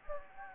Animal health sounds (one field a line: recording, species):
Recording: mosquito wingbeat signal from an infrared sensor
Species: Anopheles gambiae